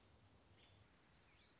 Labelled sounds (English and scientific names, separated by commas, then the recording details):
American Robin (Turdus migratorius)
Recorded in Sonoma County, California